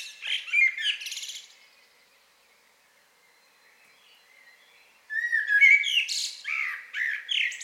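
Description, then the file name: Common blackbird song with short fluty notes and a squeaky flourish, a quiet gap of several seconds, then a richer warbling phrase with varied whistles. "Turdus merula"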